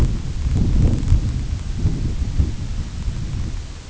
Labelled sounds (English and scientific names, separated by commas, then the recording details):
none
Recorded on Arctic tundra, site IGLO-A, on 22 June 2018
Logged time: 17:59